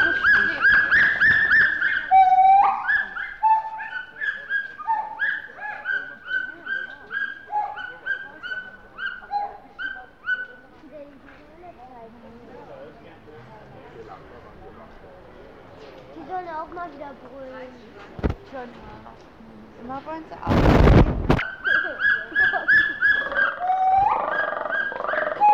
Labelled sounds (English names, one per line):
Pileated Gibbon